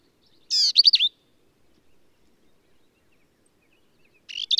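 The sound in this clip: Black-capped vireo giving a brief phrase of a harsh buzz followed by sweet slurred notes, then silence before another phrase begins at the end.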